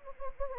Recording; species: mosquito wingbeat signal from an infrared sensor; Anopheles gambiae